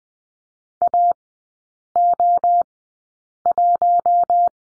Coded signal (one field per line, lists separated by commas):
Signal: Morse code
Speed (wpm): 20 wpm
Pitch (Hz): 700 Hz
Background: none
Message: AO1